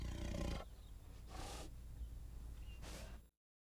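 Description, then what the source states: Tiger growl, a deep rumbling burst at the start followed by two short breathy bursts about one and a half seconds apart, then silence. Tiger growling with roars.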